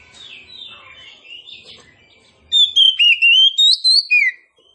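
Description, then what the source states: Oriental magpie-robin song: soft warbled notes at first, then a loud, clear whistled phrase of quick repeated notes stepping up and down. Kacer poci form of the bird, described as gacor, singing vigorously and continuously.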